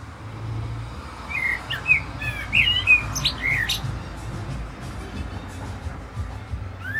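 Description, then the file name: Common blackbird song: several rich, slurred whistles with a few sharp high squeaks, over a constant soft background hiss. "Turdus merula"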